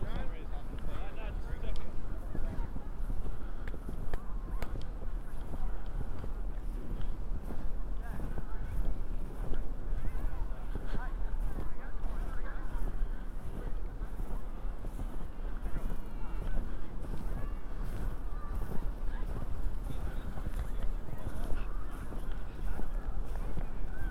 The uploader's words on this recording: A binaural field recording of walking in Central Park after a snow storm. There are horses, families playing, people talking and eventually me walking in Strawberry Fields covered in 8 inches of snow.